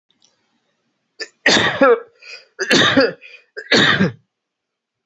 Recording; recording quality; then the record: heavy voluntary cough; excellent, no background noise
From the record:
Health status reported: healthy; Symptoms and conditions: none ticked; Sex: male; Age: 39 years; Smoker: yes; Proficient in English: yes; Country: India